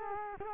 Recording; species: mosquito wingbeat signal from an infrared sensor; Culex quinquefasciatus